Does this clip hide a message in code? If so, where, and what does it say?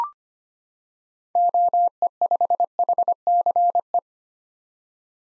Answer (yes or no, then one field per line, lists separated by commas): yes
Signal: Morse code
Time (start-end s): 1.4-4.0 s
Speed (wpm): 25 wpm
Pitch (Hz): 700 Hz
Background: none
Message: OE5HCE